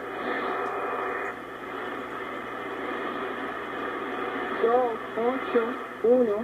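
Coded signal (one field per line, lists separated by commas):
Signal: numbers station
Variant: HM01, Spanish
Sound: hissy noise, then a few short evenly spaced spoken words from a voice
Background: radio static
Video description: This is a recording of Cuban numbers station HM01 from August 24, 2023.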